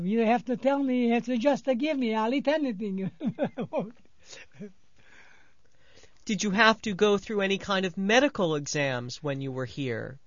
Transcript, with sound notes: You have to tell me, you have to just give me, I'll eat anything." (he laughs)
Did you have to go through any kind of medical exams when you were here?